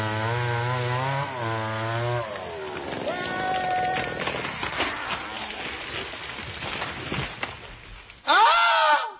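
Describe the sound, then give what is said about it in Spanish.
A small two-stroke Derby Diablo moped engine drones steadily, then breaks into ragged, uneven sputtering as it struggles and chokes, before one brief, loud rev bursts out at the very end. “coge su derby diablo. Suena un poco mal, parece que se atasca un poquito.”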